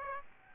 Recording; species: mosquito wingbeat signal from an infrared sensor; Aedes aegypti